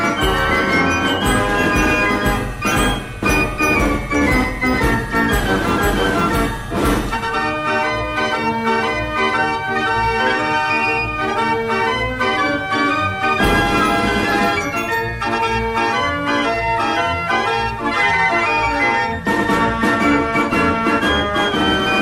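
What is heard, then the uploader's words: A fair organ plays a busy, bright tune with steady, fast rhythmic beats and bell-like chiming notes over a thumping low bass. The sound stays loud and dense throughout, with brief fuller swells around seven and thirteen seconds. Fair Organ.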